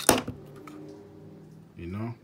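The magazine release is pressed and the magazine pops out of the pistol grip with a sharp, loud hit at 0.1 s. A fainter tick follows, and then someone talks.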